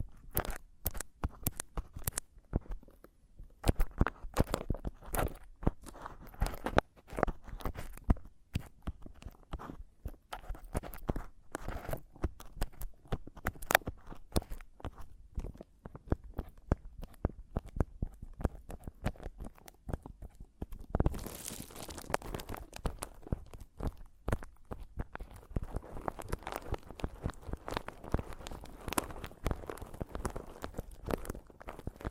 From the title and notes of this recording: ASMR Mic Tapping and Scratching (No Talking).